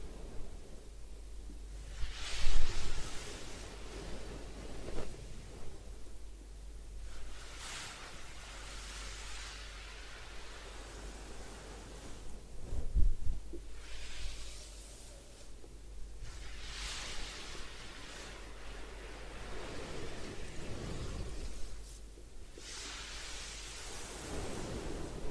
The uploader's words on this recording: Head Spa Hair Wash, Massage, Ear Cleaning.